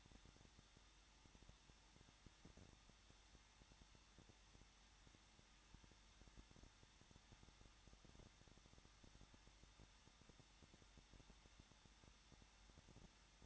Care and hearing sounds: daily activity, microphone in the room; no activity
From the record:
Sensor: 3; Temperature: 21.2 degrees Celsius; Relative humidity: 36.4%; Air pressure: 1006.4 hPa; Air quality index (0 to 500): 223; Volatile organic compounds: 43 ppm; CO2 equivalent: 3190 ppm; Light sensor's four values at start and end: 2/3/2/2 and 2/3/2/2

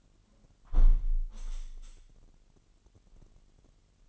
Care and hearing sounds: daily activity, microphone in the room; close window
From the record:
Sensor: 4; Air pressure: 998.7 hPa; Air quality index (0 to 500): 113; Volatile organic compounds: 2 ppm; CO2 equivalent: 1111 ppm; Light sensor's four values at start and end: 10/24/9/10 and 10/24/9/10

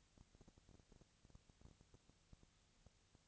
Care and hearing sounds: daily activity, microphone in the room; no activity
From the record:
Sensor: 3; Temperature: 20.6 degrees Celsius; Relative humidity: 35.7%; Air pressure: 998.8 hPa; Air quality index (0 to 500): 236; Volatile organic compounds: 71 ppm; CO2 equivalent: 3527 ppm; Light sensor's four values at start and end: 2/3/2/2 and 2/3/2/2

